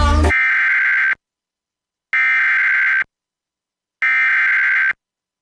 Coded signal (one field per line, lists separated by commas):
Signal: Emergency Alert System (SAME) tones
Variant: header bursts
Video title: Virtual EAS Severe Thunderstorm Warning